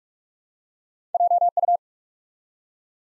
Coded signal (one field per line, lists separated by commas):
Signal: Morse code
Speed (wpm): 44 wpm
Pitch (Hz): 700 Hz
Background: none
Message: JU